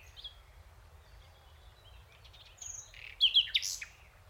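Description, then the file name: Common nightingale song: mostly quiet, with a short faint warble building into a brief loud cluster of sharp notes near the end. "Luscinia megarhynchos"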